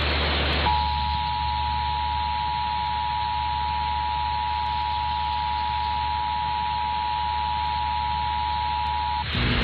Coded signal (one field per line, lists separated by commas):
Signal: Emergency Alert System (SAME) tones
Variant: 853 and 960 Hz attention tone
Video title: Various Emergency Alert System (EAS) Tests - Week of 9/13/2021